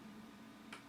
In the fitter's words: it actually pops into place there you go so that's that side